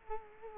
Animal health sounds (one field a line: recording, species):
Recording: mosquito wingbeat signal from an infrared sensor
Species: Culex quinquefasciatus